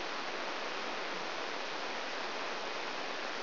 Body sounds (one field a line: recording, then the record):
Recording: brain microelectrode recording played as sound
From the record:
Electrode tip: outside the subthalamic nucleus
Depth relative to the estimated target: 2.2 mm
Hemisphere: left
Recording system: AlphaMap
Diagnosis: Parkinson's disease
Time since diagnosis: 11 years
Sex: male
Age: 62 years